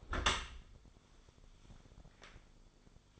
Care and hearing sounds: daily activity, microphone in the room; close dishwasher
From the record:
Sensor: 5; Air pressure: 1015.0 hPa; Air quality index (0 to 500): 158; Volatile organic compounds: 5 ppm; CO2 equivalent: 1710 ppm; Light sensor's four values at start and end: 37/88/36/38 and 36/84/34/35

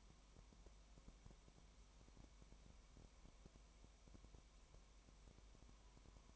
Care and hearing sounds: daily activity, microphone in the room; no activity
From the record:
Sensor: 1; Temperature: 19.0 degrees Celsius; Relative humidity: 34.1%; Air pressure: 1001.3 hPa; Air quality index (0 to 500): 82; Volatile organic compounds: 1 ppm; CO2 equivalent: 822 ppm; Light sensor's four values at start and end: 1/2/1/1 and 1/2/1/1

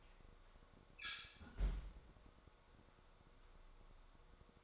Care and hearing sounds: daily activity, microphone in the room; close fridge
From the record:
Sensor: 3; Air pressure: 1004.6 hPa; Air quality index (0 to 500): 191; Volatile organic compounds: 13 ppm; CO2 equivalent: 2397 ppm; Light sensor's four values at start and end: 5/13/5/5 and 5/13/5/5

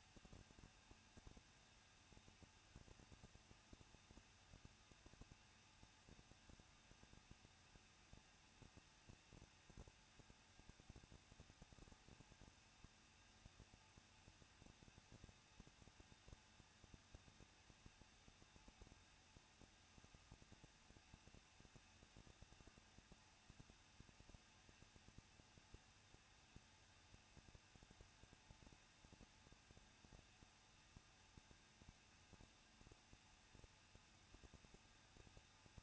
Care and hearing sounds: daily activity, microphone in the room; no activity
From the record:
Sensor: 2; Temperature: 21.0 degrees Celsius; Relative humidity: 37.3%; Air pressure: 1006.4 hPa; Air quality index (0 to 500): 220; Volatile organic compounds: 23 ppm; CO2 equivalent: 2778 ppm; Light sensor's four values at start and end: 2/3/2/2 and 2/3/2/2

